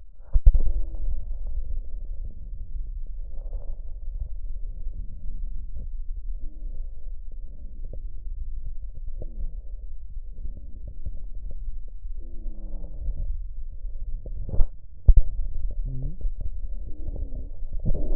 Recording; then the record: lung sounds by stethoscope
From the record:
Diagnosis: emphysema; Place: left posterior upper chest